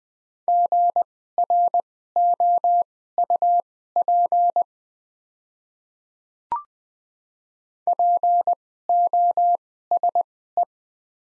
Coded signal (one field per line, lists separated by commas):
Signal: Morse code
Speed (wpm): 21 wpm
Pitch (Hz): 700 Hz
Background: none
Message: GROUP POSE